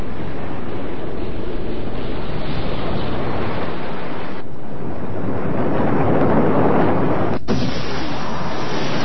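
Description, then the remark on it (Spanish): Tsunami waves crash in a loud, continuous roar of churning water mixed with wind-like rushing, interrupted by two abrupt momentary dropouts. “Veamos otro maremoto.”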